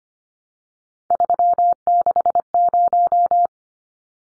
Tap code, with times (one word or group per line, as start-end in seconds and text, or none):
none